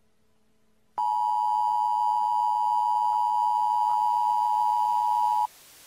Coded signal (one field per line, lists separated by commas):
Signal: Emergency Alert System (SAME) tones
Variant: 853 and 960 Hz attention tone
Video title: EAS Scenario: #9 IPhone 11 (850 SPECIAL)